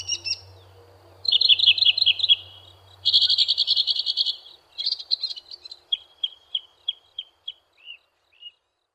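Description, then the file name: Northern mockingbird song: a fast buzzy trill, then a dense harsh burst, then a chain of short sharp chirps, slowing toward the end. "kicauan burung northern mockingbird. omkicau"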